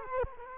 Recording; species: mosquito wingbeat signal from an infrared sensor; Culex quinquefasciatus